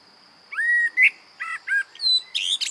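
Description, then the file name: Common blackbird song: a drawn-out fluty whistle, short mellow notes, then a squeaky high twitter closing the phrase. "Turdus merula"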